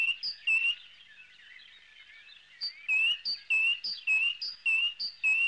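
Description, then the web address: Bird singing a lively series of sharp, high chirps, starting with a few notes, pausing, then a rapid run of repeated notes. "animali uccelli uccelli birds"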